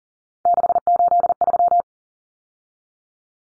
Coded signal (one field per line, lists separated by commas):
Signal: Morse code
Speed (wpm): 40 wpm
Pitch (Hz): 700 Hz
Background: none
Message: 683